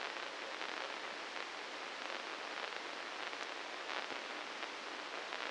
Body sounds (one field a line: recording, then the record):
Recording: brain microelectrode recording played as sound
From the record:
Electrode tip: inside the subthalamic nucleus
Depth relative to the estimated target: 0 mm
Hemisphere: right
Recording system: NeuroSet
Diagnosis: Parkinson's disease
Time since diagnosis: 9 years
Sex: male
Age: 61 years